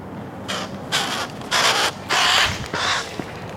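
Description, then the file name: Eurasian magpie giving harsh, rasping chatter calls in five broad bursts, each roughly a third to half a second long, separated by short gaps of about a fifth of a second. "Pica pica"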